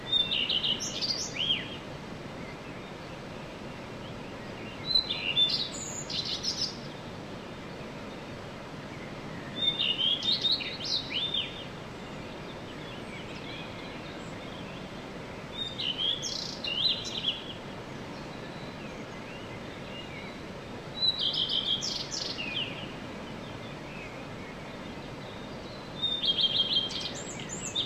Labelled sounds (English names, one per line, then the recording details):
Common Redstart
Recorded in the wild
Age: adult
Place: Untertweng, AT
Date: 1968-04-14
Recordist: Brunner, Thomas